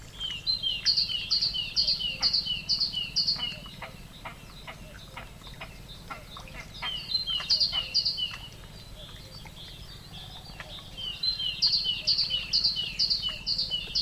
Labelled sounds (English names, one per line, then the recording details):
Great Tit
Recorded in the wild
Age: adult
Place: Ossiach, AT
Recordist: Brunner, Thomas
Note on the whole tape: Aufgenommen am Ossiachersee